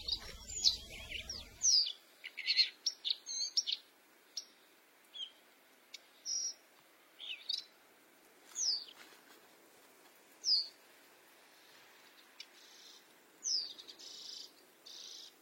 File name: canto do pisco de peito azul